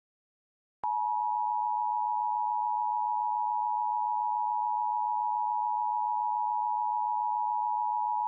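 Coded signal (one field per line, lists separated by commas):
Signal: Emergency Alert System (SAME) tones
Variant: 853 and 960 Hz attention tone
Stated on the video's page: Fictional EAS scenario of a fire outbreak spreading from Frederick County to national level.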